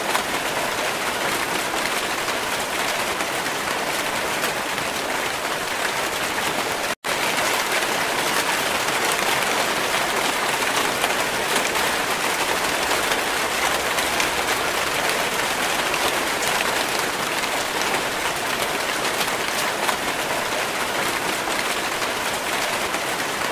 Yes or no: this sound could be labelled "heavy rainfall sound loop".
yes